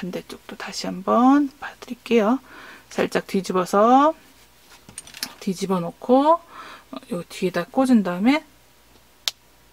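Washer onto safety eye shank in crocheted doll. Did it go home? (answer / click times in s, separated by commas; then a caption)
yes / 9.3 s. A crocheted doll is turned over and a washer is pressed onto the shank of the second safety eye while someone talks. The washer snaps on with a sharp click at 9.3 s, and the eye is now fixed in place.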